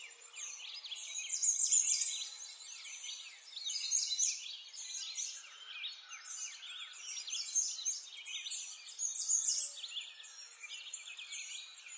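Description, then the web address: Birds singing in a dense chorus of overlapping high chirps and twittering phrases, rising and falling in loudness every couple of seconds, with no other clear sounds. Recorded in a forest. "Lynne Music Nature-Ambience-Birds-In-A-Forest"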